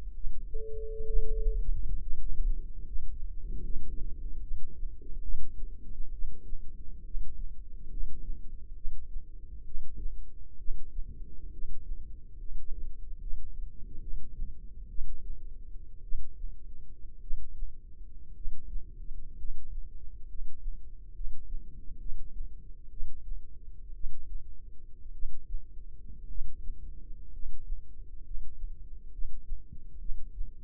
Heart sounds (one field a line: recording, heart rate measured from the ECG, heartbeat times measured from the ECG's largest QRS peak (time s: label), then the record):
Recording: heart sounds by microphone in the left ear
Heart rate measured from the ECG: 64 bpm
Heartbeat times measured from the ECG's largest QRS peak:
0.12 s: heartbeat
1.05 s: heartbeat
1.98 s: heartbeat
2.83 s: heartbeat
3.61 s: heartbeat
4.40 s: heartbeat
5.21 s: heartbeat
6.11 s: heartbeat
7.03 s: heartbeat
7.88 s: heartbeat
8.74 s: heartbeat
9.63 s: heartbeat
10.57 s: heartbeat
11.50 s: heartbeat
12.36 s: heartbeat
13.18 s: heartbeat
13.99 s: heartbeat
14.87 s: heartbeat
16.01 s: heartbeat
17.19 s: heartbeat
18.33 s: heartbeat
19.35 s: heartbeat
20.26 s: heartbeat
21.12 s: heartbeat
21.97 s: heartbeat
22.88 s: heartbeat
23.92 s: heartbeat
25.11 s: heartbeat
26.26 s: heartbeat
27.30 s: heartbeat
28.22 s: heartbeat
29.09 s: heartbeat
29.97 s: heartbeat
From the record:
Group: healthy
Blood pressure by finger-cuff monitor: 100/40 mmHg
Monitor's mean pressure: 59 mmHg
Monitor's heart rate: 64 bpm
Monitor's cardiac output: 7.6 L/min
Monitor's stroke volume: 122 mL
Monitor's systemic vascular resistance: 550 dyn s/cm5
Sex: male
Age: 25 years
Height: 170 cm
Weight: 70.4 kg